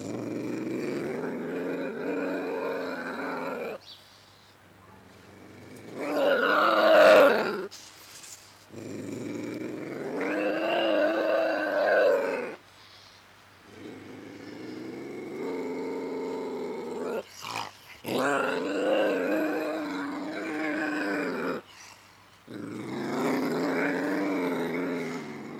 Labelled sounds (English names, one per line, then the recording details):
Ocelot
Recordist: Tembrock, Günter